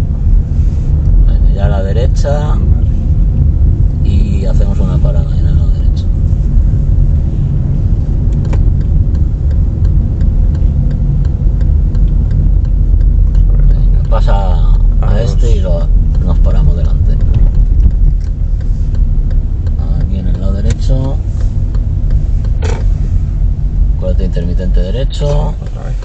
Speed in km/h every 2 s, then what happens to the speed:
24, 22, 26, 25, 24, 24, 20, 20, 18, 14, 14, 12, 0.
0-8 steady at about 24. 8-24 slows to 0.